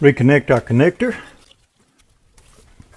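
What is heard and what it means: Someone talks briefly, followed by faint handling sounds as the electrical connector is brought over and lined up on the ignition coil pack of a Chevy Volt. Nothing has seated or clicked yet.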